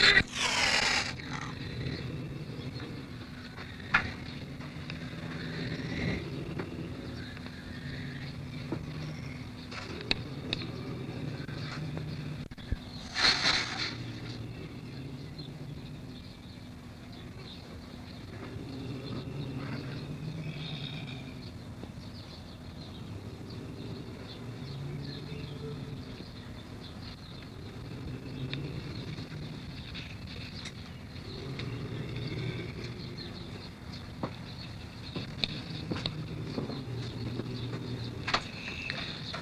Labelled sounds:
Wildcat
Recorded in captivity
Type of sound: hiss, growling
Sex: pair
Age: adult
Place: Tierpark Berlin, Berlin, DE
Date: 1965-04-08
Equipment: Englisches Reportergerät, Kopie Qualiton
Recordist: Altmann, Dagmar
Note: Fauchen

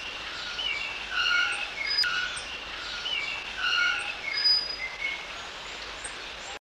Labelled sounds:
Malaysian Plover call
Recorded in captivity
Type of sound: call
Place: Vogelpark Walsrode, Niedersachsen, DE
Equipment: Halbspur, 9,5 cm/s
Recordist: Lütgens, Hans
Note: Rufe

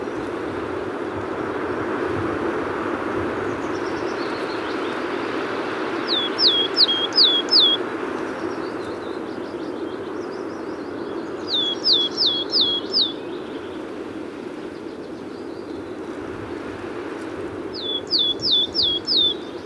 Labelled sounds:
Willow Tit song
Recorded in the wild
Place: Userin, Mecklenburg-Vorpommern, DE
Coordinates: 53.341, 12.98
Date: 1982-05-08
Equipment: Nagra III BH, Sennheiser MD 21, parabola
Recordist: Schubert, Michael
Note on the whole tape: Gesang Weidenmeise

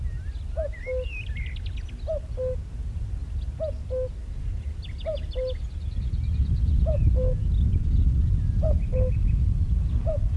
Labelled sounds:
Common Cuckoo
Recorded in the wild
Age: adult
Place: Mönchmühle, Brandenburg, DE
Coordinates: 52.65, 13.395
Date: 1975-05-11
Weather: leicht bedeckt
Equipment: Uher CR 210, Sennheiser MD 421, Verstärker, Kopie Uher 4200
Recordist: Tembrock, Günter

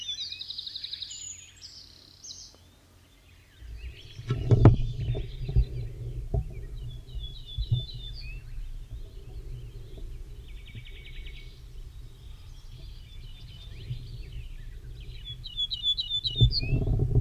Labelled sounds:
Ortolan Bunting song
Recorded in the wild
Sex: male
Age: adult
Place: Uchte, Niedersachsen, DE
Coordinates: 52.5, 8.91667
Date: 1970-05-24
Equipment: Uher 4000 Report-S, Bändchenmikro Beyer M 260, Parabolspiegel Polyester (470 mm)
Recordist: Conrads, Klaus
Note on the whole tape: Männchen (Uchte 1): Wechselgesang, Walsroder-Dialekt

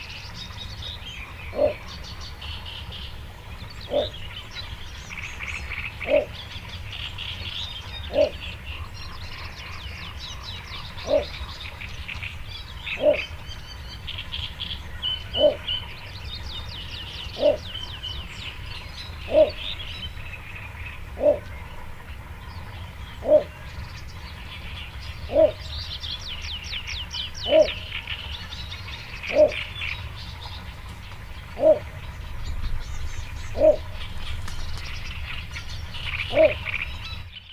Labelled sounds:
Little Bittern
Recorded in the wild
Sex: male
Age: adult
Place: Hobrechtsfelder Rieselfelder, Naturpark Barnim, Berlin, DE
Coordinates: 52.6683, 13.4686
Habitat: pond
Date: 2008-06-15
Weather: stark bewölkt, fast windstill, ca. 13°C
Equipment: Sound Devices 702, Sennheiser MKH 70, Windkorb
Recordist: Frommolt, Karl-Heinz

